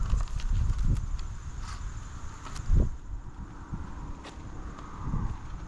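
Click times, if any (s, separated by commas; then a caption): none. The plastic wing roots of a Go Go Bird Eagle 1020 toy ornithopter are handled at the body's wing attachment, where they must be pressed in until they click. Soft handling taps land at about 0.2, 0.4, 1.2 and 4.8 seconds over a steady low rumble. Nothing has seated or clicked yet.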